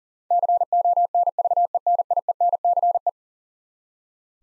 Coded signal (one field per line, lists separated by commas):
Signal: Morse code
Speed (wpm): 40 wpm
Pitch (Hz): 700 Hz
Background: none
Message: CONVENIENCE